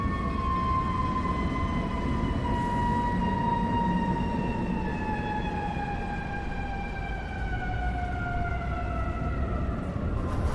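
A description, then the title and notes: Street traffic rumbles steadily underneath a siren that holds a long, slowly falling tone across the whole clip, drifting gradually lower in pitch. The low vehicle noise stays dense and even throughout, with no sharp events breaking through. Automobiles, trucks, construction equipment, mopeds and motorcycles, buses, street sounds and a variety of police and ambulance sirens.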